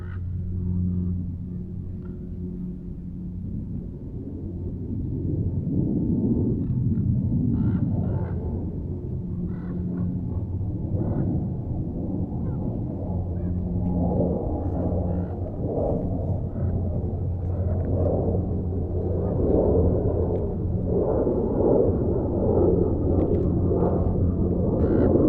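Ambience at Manzanita Barren, Montclair, CA: a steady low hum and rumble throughout, with a faint high tone and scattered brief mid-pitched sounds.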